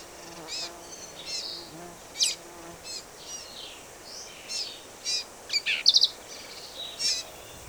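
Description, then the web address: Black-capped vireo song: scattered quick, squeaky and buzzy high notes in short varied phrases, with gaps between bursts and a faint steady hiss behind. "birds vireos"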